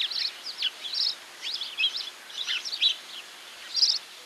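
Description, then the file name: House sparrow giving rapid, scratchy chirps and twittering notes over a steady hiss of background noise. "Passer domesticus"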